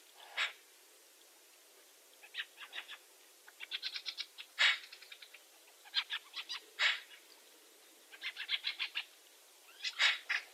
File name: Pica pica